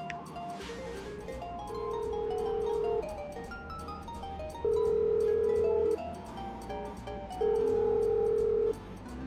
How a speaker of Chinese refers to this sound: 他走到客厅通往屋后花园的廊下，拿出包里手机给顾菲菲拨了个电话。